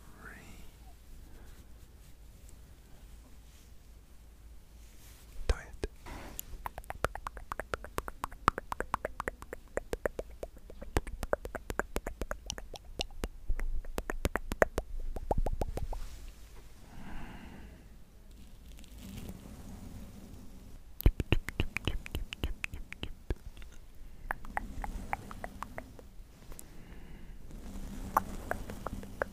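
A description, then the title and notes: Brushing against a microphone, starting quiet and then breaking into dense bursts of crisp scratching and crackling from about six to sixteen seconds. Softer, muffled sweeps follow, with another sharp flurry near twenty-one seconds and lighter strokes after. Brushing Your Face.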